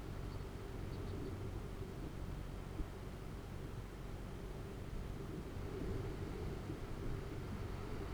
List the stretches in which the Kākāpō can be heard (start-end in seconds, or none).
none